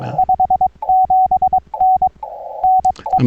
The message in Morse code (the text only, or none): 57N NE